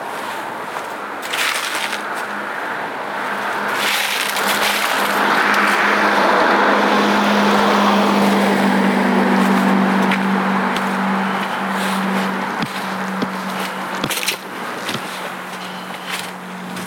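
On a pitch-black night hike, scattered crunches and snaps of footsteps punctuate a steady rushing hiss over a low, unwavering hum.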